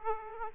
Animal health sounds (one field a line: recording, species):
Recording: mosquito wingbeat signal from an infrared sensor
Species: Aedes aegypti